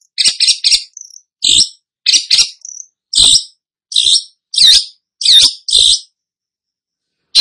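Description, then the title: Long-tailed shrike singing loud, scratchy bursts in quick succession, with a couple of thin whistled notes between them and a pause near the end. Described as gacor, singing vigorously and often. "Cendet Gacor"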